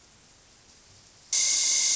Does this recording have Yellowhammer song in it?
no